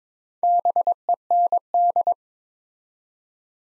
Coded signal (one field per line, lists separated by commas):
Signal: Morse code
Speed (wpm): 22 wpm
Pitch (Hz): 700 Hz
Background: none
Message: BEND